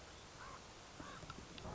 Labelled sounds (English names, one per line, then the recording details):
Common Raven
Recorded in Sonoma County, California